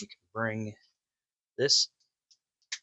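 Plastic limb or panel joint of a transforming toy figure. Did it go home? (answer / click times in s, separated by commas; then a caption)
yes / 2.7 s. A plastic limb or panel joint on a Transformers Studio Series Scavenger transforming action figure is swung up during its transformation while someone talks. A small, sharp click at 2.7 s marks the part locking into place, and the joint is seated.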